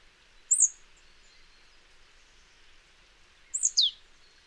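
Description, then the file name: Marsh tit calling with a brief high double note, then about three seconds later a quick run of sharp, high notes ending in a down-slur, against faint background hiss. "Poecile palustris"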